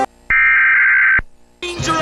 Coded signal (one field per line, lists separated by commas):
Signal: Emergency Alert System (SAME) tones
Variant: header bursts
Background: speech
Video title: perfect timing eas alerts (mock edition)